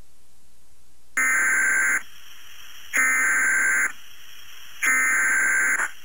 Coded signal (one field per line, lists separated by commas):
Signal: Emergency Alert System (SAME) tones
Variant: header bursts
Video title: DEAD EAST- EAS MOCK